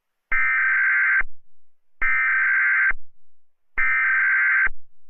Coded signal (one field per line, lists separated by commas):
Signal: Emergency Alert System (SAME) tones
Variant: header bursts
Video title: EAS Scenario #48: Mickey Error 4: The Return Of Mickey Error: This Was All A Dream